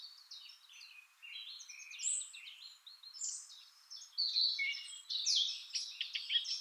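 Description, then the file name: Eurasian blackcap warbling faintly over a light hiss, with quick scratchy and whistled notes growing louder in the final seconds. "Sylvia atricapilla"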